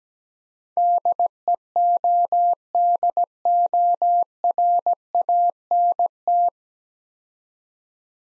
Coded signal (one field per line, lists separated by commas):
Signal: Morse code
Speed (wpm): 19 wpm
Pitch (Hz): 700 Hz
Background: none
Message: DEODORANT